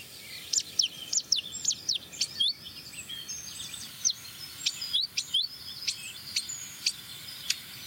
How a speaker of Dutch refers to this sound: Koolmees weer.